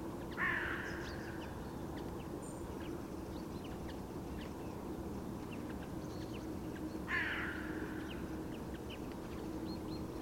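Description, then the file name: Carrion crow giving two hoarse caws several seconds apart, with faint small bird chirps and a low constant rumble. "Corvus corone"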